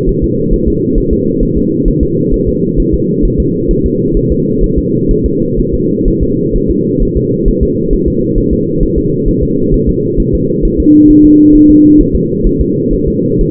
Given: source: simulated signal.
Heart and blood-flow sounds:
fetal heart sounds
0.09 s: S1
0.24 s: S2
0.54 s: S1
0.68 s: S2
0.98 s: S1
1.13 s: S2
1.43 s: S1
1.57 s: S2
1.88 s: S1
2.03 s: S2
2.34 s: S1
2.49 s: S2
2.80 s: S1
2.94 s: S2
3.25 s: S1
3.40 s: S2
3.71 s: S1
3.86 s: S2
4.17 s: S1
4.32 s: S2
4.64 s: S1
4.78 s: S2
5.11 s: S1
5.26 s: S2
5.60 s: S1
5.74 s: S2
6.08 s: S1
6.23 s: S2
6.56 s: S1
6.71 s: S2
7.03 s: S1
7.17 s: S2
7.48 s: S1
7.63 s: S2
7.93 s: S1
8.08 s: S2
8.38 s: S1
8.53 s: S2
8.83 s: S1
8.98 s: S2
9.29 s: S1
9.43 s: S2
9.74 s: S1
9.89 s: S2
10.20 s: S1
10.35 s: S2
10.65 s: S1
10.80 s: S2
11.11 s: S1
11.25 s: S2
11.55 s: S1
11.70 s: S2
12.01 s: S1
12.16 s: S2
12.47 s: S1
12.61 s: S2
12.93 s: S1
13.08 s: S2
13.41 s: S1
From the record:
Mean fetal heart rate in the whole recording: 130 bpm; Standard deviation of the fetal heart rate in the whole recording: 4 bpm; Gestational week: 38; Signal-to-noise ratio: -11.2 dB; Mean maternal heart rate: 72 bpm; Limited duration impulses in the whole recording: present

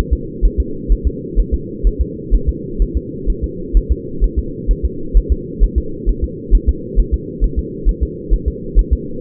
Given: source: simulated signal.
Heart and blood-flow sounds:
fetal heart sounds
0.13 s: S2
0.45 s: S1
0.60 s: S2
0.92 s: S1
1.07 s: S2
1.40 s: S1
1.54 s: S2
1.87 s: S1
2.01 s: S2
2.34 s: S1
2.49 s: S2
2.82 s: S1
2.97 s: S2
3.30 s: S1
3.44 s: S2
3.77 s: S1
3.91 s: S2
4.24 s: S1
4.39 s: S2
4.71 s: S1
4.85 s: S2
5.17 s: S1
5.32 s: S2
5.63 s: S1
5.78 s: S2
6.09 s: S1
6.24 s: S2
6.55 s: S1
6.69 s: S2
7.00 s: S1
7.14 s: S2
7.44 s: S1
7.59 s: S2
7.89 s: S1
8.03 s: S2
8.34 s: S1
8.48 s: S2
8.79 s: S1
8.93 s: S2
From the record:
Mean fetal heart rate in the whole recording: 130 bpm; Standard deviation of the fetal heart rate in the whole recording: 2 bpm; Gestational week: 36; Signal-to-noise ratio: -4.3 dB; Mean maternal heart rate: 72 bpm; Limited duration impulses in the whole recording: absent

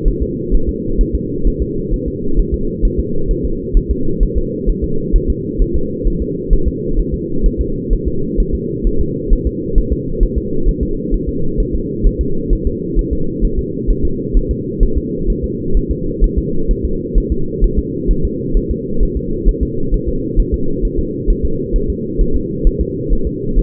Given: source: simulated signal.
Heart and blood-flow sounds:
fetal heart sounds
0.08 s: S1
0.23 s: S2
0.55 s: S1
0.69 s: S2
1.01 s: S1
1.15 s: S2
1.47 s: S1
1.62 s: S2
1.94 s: S1
2.08 s: S2
2.39 s: S1
2.54 s: S2
2.85 s: S1
3.00 s: S2
3.31 s: S1
3.45 s: S2
3.77 s: S1
3.91 s: S2
4.23 s: S1
4.38 s: S2
4.70 s: S1
4.84 s: S2
5.16 s: S1
5.30 s: S2
5.62 s: S1
5.76 s: S2
6.07 s: S1
6.22 s: S2
6.53 s: S1
6.68 s: S2
7.00 s: S1
7.14 s: S2
7.46 s: S1
7.61 s: S2
7.93 s: S1
8.08 s: S2
8.40 s: S1
8.55 s: S2
8.87 s: S1
9.01 s: S2
9.33 s: S1
9.47 s: S2
9.78 s: S1
9.92 s: S2
10.23 s: S1
10.38 s: S2
10.69 s: S1
10.83 s: S2
11.14 s: S1
11.29 s: S2
11.60 s: S1
11.75 s: S2
12.06 s: S1
12.21 s: S2
12.53 s: S1
12.67 s: S2
12.99 s: S1
13.13 s: S2
13.45 s: S1
13.59 s: S2
13.91 s: S1
14.05 s: S2
14.37 s: S1
14.51 s: S2
14.83 s: S1
14.98 s: S2
15.30 s: S1
15.44 s: S2
15.77 s: S1
15.91 s: S2
16.24 s: S1
16.38 s: S2
16.71 s: S1
16.85 s: S2
17.18 s: S1
17.32 s: S2
17.64 s: S1
17.79 s: S2
18.11 s: S1
18.25 s: S2
18.57 s: S1
18.71 s: S2
19.03 s: S1
19.17 s: S2
19.49 s: S1
19.63 s: S2
19.94 s: S1
20.09 s: S2
20.40 s: S1
20.54 s: S2
20.85 s: S1
20.99 s: S2
21.30 s: S1
21.45 s: S2
21.76 s: S1
21.90 s: S2
22.21 s: S1
22.36 s: S2
22.67 s: S1
22.81 s: S2
23.13 s: S1
23.27 s: S2
23.59 s: S1
From the record:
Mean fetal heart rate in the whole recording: 130 bpm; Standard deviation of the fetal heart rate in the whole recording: 2 bpm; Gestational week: 38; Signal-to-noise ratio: -8.1 dB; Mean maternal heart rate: 72 bpm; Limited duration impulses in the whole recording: absent

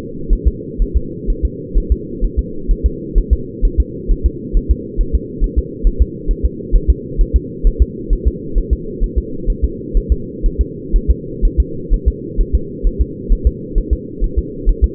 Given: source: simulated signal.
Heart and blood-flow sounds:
fetal heart sounds
0.33 s: S1
0.47 s: S2
0.82 s: S1
0.97 s: S2
1.30 s: S1
1.45 s: S2
1.78 s: S1
1.92 s: S2
2.24 s: S1
2.39 s: S2
2.71 s: S1
2.86 s: S2
3.18 s: S1
3.33 s: S2
3.65 s: S1
3.80 s: S2
4.12 s: S1
4.26 s: S2
4.57 s: S1
4.71 s: S2
5.01 s: S1
5.15 s: S2
5.44 s: S1
5.59 s: S2
5.87 s: S1
6.02 s: S2
6.31 s: S1
6.46 s: S2
6.75 s: S1
6.90 s: S2
7.21 s: S1
7.36 s: S2
7.67 s: S1
7.82 s: S2
8.13 s: S1
8.28 s: S2
8.58 s: S1
8.73 s: S2
9.04 s: S1
9.18 s: S2
9.50 s: S1
9.65 s: S2
9.97 s: S1
10.12 s: S2
10.46 s: S1
10.61 s: S2
10.96 s: S1
11.10 s: S2
11.45 s: S1
11.60 s: S2
11.94 s: S1
12.08 s: S2
12.41 s: S1
12.55 s: S2
12.87 s: S1
13.01 s: S2
13.32 s: S1
13.47 s: S2
13.78 s: S1
13.93 s: S2
14.24 s: S1
14.39 s: S2
14.69 s: S1
14.84 s: S2
From the record:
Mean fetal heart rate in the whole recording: 130 bpm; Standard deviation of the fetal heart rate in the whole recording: 4 bpm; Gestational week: 38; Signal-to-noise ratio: -4.3 dB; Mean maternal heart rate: 72 bpm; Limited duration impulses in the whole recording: absent

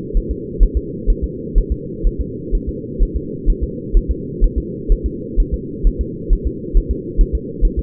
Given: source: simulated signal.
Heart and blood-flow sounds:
fetal heart sounds
0.17 s: S1
0.31 s: S2
0.63 s: S1
0.77 s: S2
1.10 s: S1
1.24 s: S2
1.58 s: S1
1.72 s: S2
2.07 s: S1
2.21 s: S2
2.55 s: S1
2.69 s: S2
3.03 s: S1
3.17 s: S2
3.50 s: S1
3.64 s: S2
3.97 s: S1
4.11 s: S2
4.44 s: S1
4.58 s: S2
4.92 s: S1
5.06 s: S2
5.40 s: S1
5.54 s: S2
5.87 s: S1
6.01 s: S2
6.33 s: S1
6.47 s: S2
6.77 s: S1
6.91 s: S2
7.21 s: S1
7.35 s: S2
7.65 s: S1
7.79 s: S2
From the record:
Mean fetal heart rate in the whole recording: 130 bpm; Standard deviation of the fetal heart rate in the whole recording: 4 bpm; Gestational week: 38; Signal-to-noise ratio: -4.1 dB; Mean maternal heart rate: no maternal heart sound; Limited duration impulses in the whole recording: absent

